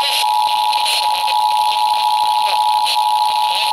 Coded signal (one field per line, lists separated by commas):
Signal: Emergency Alert System (SAME) tones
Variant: 853 and 960 Hz attention tone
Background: speech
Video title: WHO ELSE BUT GSP... EAS Alerts from 6/14/21 (EAS #5,814 - 5,823)